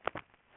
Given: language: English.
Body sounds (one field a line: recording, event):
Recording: throat vibration sensor signal played as sound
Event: swallow